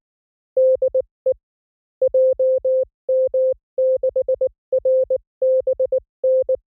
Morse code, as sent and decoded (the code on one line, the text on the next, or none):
-.. . / .--- -- -.... .-. -... -.
DE JM6RBN